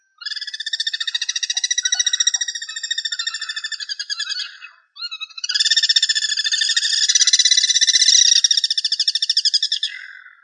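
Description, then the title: Bird song: a long, buzzy, rapidly pulsed trill in two extended bursts, broken by a brief pause near five seconds. "LuckyPassaro Completos2Sama"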